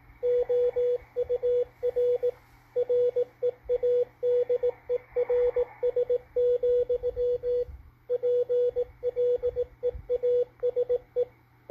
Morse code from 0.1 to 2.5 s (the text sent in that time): OUR